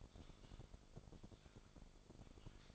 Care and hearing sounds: daily activity, microphone in the room; typing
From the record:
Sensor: 5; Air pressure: 1004.6 hPa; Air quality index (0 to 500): 168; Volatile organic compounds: 4 ppm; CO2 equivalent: 1578 ppm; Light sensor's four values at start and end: 18/43/17/16 and 18/43/17/16

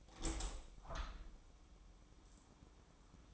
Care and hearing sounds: daily activity, microphone in the room; open window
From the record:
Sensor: 1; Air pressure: 1000.5 hPa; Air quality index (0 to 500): 178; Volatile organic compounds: 4 ppm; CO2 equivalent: 1636 ppm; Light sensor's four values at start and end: 10/24/10/11 and 10/25/10/12

